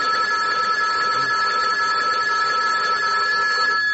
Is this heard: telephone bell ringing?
yes